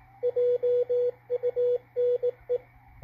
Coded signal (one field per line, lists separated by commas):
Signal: Morse code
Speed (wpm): 18 wpm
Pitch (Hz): 490 Hz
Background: radio noise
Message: JUNE